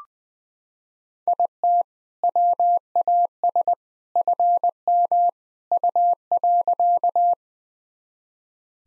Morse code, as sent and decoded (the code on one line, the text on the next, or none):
.. - / .-- .- ... / ..-. -- / ..- .-.-.-
IT WAS FM U.